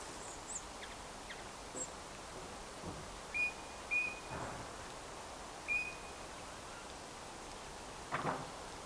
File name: Pyrrhula pyrrhula